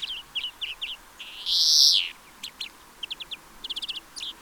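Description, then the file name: European greenfinch: paired twittering notes, one loud rasping wheeze, then quick chirps and a fast trill to the end. "Chloris chloris"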